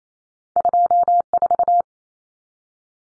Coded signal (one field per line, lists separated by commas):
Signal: Morse code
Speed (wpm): 28 wpm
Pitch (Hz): 700 Hz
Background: none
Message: 24